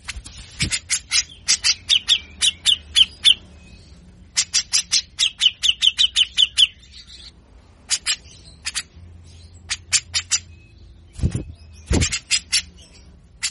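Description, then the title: Grey-cheeked bulbul harsh chattering song, quick rows of coarse clicks and buzzy notes in bursts, with a few low thumps and scattered single harsh notes later. Master recording for training cage birds; harsh, coarse 'besetan' song style, long duration, bird in full singing form. "MASTERAN CUCAK JENGGOT GACOR FULL BESETAN KASAR DURASI PANJANG"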